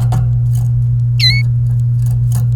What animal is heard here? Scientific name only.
Serinus canaria